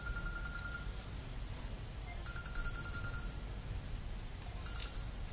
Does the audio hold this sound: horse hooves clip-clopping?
no